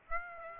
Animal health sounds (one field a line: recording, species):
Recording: mosquito wingbeat signal from an infrared sensor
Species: Aedes aegypti